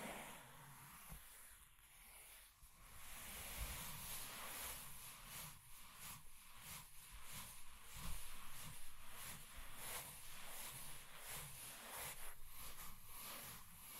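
Scratching and tracing sounds fill the clip with a dense, hissy rasp, broken into quick repeated strokes that come several times a second. The level stays fairly steady, growing a little louder after about three seconds and peaking near the eighth.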